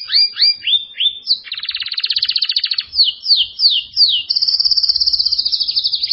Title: Canario Belga